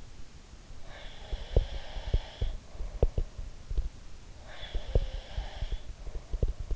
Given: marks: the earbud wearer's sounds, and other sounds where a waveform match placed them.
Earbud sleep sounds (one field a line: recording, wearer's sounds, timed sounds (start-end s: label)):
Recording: sounds in sleep by an in-ear microphone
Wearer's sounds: breath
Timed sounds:
0.82-3.29 s: breath
1.32-3.94 s: sound from someone else or the room
4.38-6.76 s: breath
4.71-6.76 s: sound from someone else or the room